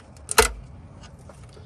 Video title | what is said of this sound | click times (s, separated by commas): How To Replace A Chevy 5.3 Timing Chain Without Removing The Oil Pan | that was a satisfying click baset come off | 0.3 s, 0.4 s